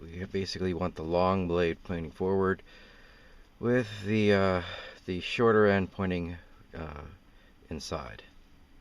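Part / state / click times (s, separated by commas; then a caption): stereo removal keys into the factory head unit's release slots / not seated / none. Flat metal radio removal keys are being handled at the release slots of the factory head unit in a 1999 VW Beetle, ahead of installing a Pioneer DEH-P9400BH. Someone talks throughout, with only quiet background between phrases. Nothing has clicked or seated yet.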